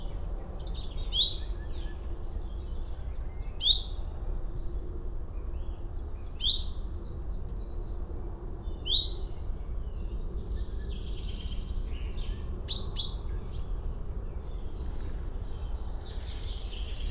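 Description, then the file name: Common chaffinch calls: short, sharp high notes repeated every few seconds over steady low rumbling background noise, with faint other chirps between. "Fringilla coelebs"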